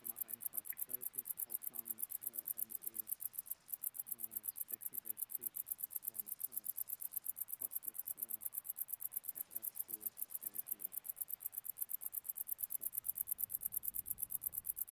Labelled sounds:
Wartbiter (Decticus verrucivorus) stridulation

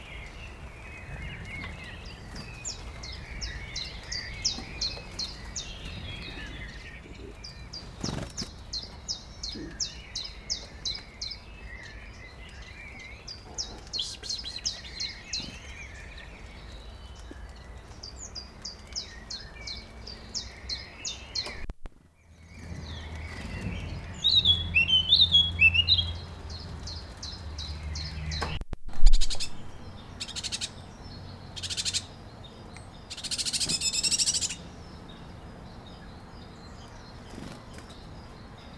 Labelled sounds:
Great Tit (Parus major) begging call

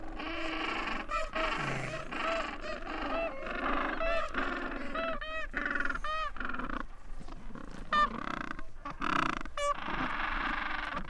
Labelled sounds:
Gentoo Penguin (Pygoscelis papua) call

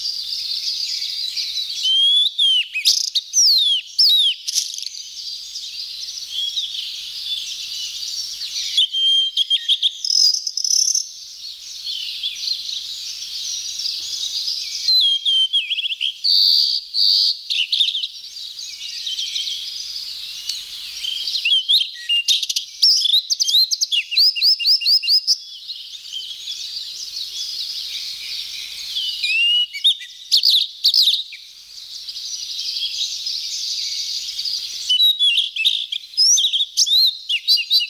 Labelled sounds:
Blue-and-white Flycatcher (Cyanoptila cyanomelana) song

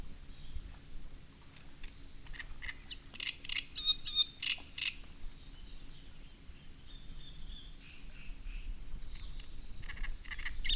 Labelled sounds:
Great Reed Warbler (Acrocephalus arundinaceus)

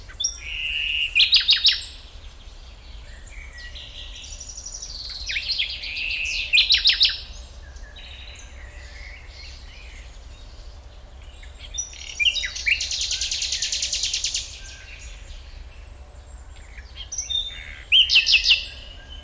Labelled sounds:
Common Nightingale (Luscinia megarhynchos)

